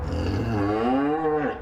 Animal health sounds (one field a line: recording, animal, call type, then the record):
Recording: contact call of a hoofed animal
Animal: cattle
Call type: low-frequency (closed-mouth) or high-frequency (open-mouth) call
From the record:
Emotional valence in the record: negative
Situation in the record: full separation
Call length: 1.62 s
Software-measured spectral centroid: 1160 Hz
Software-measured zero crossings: 1030 a second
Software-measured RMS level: -24 dBFS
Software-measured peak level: -12 dBFS